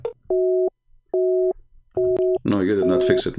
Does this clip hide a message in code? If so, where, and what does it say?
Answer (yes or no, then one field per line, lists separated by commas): no